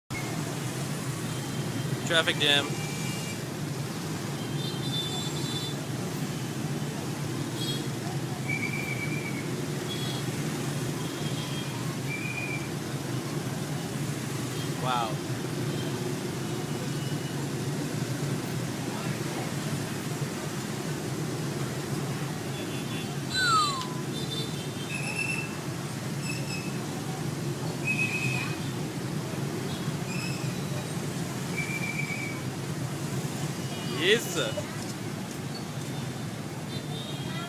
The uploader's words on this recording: Here's one near the Ho Chi Minh Museum in Hanoi, on Doi Can Street. Traffic Jam near Ho Chi Minh Museum, Hanoi. Traffic jams with motorbikes.